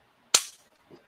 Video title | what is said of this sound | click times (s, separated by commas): Freedom Friday #236 - Blades, Multitools & Traitor RINOs | It has a nice audible click, too, on there. That's even better, dude. | 0.4 s